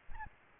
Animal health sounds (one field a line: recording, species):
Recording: mosquito wingbeat signal from an infrared sensor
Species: Aedes albopictus